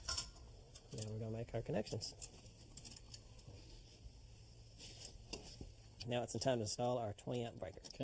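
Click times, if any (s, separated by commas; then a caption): none. A 20-amp circuit breaker is handled at an electrical panel, ready to be pushed onto the bus, while someone talks. Short metallic clicks and taps from the handling come at about 0.8, 2.5, 2.8, 3.0, 3.1 and 5.3 seconds. Nothing has seated or clicked into the panel yet.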